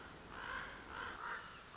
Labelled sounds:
Common Raven (Corvus corax)
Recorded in Sonoma County, California

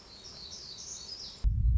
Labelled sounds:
Black-throated Gray Warbler (Setophaga nigrescens)
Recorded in Sonoma County, California

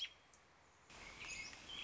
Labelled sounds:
American Robin (Turdus migratorius)
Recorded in Sonoma County, California

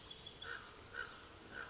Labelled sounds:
Common Raven (Corvus corax)
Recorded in Sonoma County, California

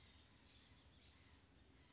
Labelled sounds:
Blue-gray Gnatcatcher (Polioptila caerulea)
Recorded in Sonoma County, California

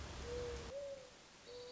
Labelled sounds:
Mourning Dove (Zenaida macroura)
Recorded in Sonoma County, California

